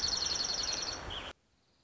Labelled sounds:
Dark-eyed Junco (Junco hyemalis)

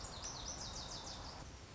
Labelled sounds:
Lazuli Bunting (Passerina amoena)

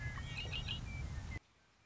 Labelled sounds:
Red-winged Blackbird (Agelaius phoeniceus)

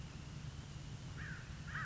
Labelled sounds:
American Crow (Corvus brachyrhynchos)

